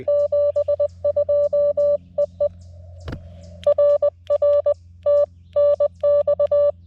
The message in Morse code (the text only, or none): 72 EE RR TNX